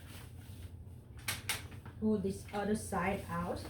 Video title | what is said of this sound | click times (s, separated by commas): How to assemble your child’s playard or playpen . Unboxing,assemble and dessemble your placard. | pull this out and make sure you hear the click sound | 1.5 s